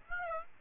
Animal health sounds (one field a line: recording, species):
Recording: mosquito wingbeat signal from an infrared sensor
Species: Aedes aegypti